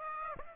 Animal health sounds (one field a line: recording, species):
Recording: mosquito wingbeat signal from an infrared sensor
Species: Aedes aegypti